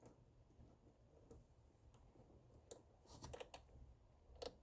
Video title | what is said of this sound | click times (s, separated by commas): 2001 Jaguar XK8 - Throttle Cable Adjustment - Repair Process | yep I hear the clicks that's great | 2.7 s, 3.3 s, 3.4 s, 3.5 s, 4.5 s